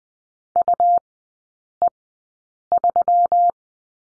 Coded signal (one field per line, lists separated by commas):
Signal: Morse code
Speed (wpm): 19 wpm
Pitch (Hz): 700 Hz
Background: none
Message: UE3